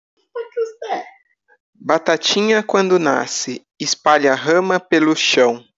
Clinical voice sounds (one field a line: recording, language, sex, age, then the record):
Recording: short text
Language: Brazilian Portuguese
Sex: female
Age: 50 to 59 years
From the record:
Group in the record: control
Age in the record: 51 years